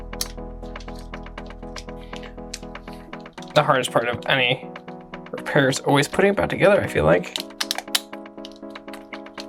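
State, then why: Seated. Plastic shell halves of a PS3 game controller are pressed together during reassembly after a repair, with background music and someone talking. The halves snap into place with sharp clicks at 7.6 and 8.0 seconds, and the shell is seated.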